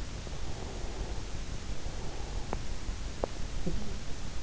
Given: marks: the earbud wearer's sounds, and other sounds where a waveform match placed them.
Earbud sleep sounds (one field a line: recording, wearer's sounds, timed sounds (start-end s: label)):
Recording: sounds in sleep by an in-ear microphone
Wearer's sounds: breath, talking in sleep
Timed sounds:
0.35-2.72 s: breath
3.43-4.15 s: talking in sleep